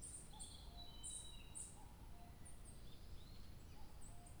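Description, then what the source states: Bird song of quick bright high chirps and short whistled notes, with faint low whistles and a low rumble. 2 July 2023.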